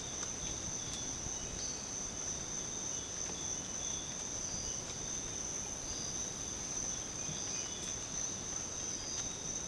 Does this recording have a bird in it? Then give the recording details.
no. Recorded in dense forest near Puerto Asís, Putumayo, Colombia, on 12 March 2025 at 05:30. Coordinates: 0.486, -76.317. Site G053